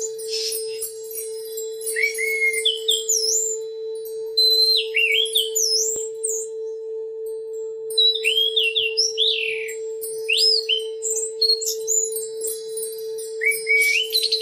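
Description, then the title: Oriental magpie-robin song: varied clear whistled phrases, rising and falling slurs in bursts with short pauses, over a steady low electrical hum. "Kicau Kacer"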